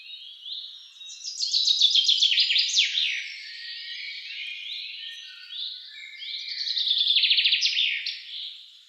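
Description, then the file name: Common chaffinch: two cascading trills, each ending in a flourish, with quieter chirps between. "Fringilla coelebs"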